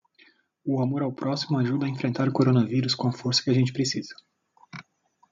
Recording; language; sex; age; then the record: spoken sentence; Brazilian Portuguese; male; 30 to 39 years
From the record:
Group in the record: control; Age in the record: 36 years